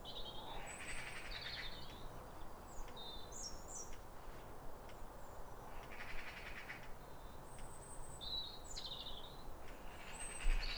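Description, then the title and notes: European robin song: varied high warbling phrases with pauses between them, mixed with bursts of hiss and a low background rumble. Pair of robins singing from neighbouring gardens at a clear, calm, rosy New Year sunrise in winter after weeks of rain, exchanging phrases like a duet. "Sound Escape 150: Be uplifted by a chorus of New Year's robins. A pair of robins in neighbouring gardens welcome the early sun with wistful phrases as if chatting over the fence. BBC Countryfile Magazine. Recorded by Fergus Collins"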